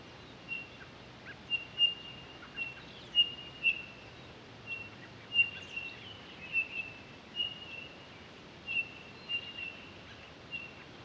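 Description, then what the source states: Townsend's solitaire calls as steady high whistled tones, repeated many times in quick, uneven succession, some drawn out, over a soft background hiss. Recorded 23 October 2011.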